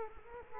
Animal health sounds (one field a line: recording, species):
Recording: mosquito wingbeat signal from an infrared sensor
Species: Culex quinquefasciatus